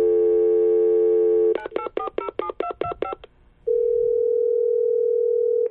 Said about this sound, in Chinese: 听筒里传来等待的提示音，起初对方将电话给挂断了，孟昭又拨了一遍，这次对方才接起来。